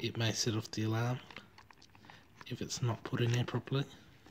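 Someone talks while handling a steel cable end near the receiving hole of a plastic lock alarm body. Between about 1.6 and 2.1 seconds there are faint, short handling ticks under quieter speech. The cable end has not yet been pushed home, and nothing has clicked or seated.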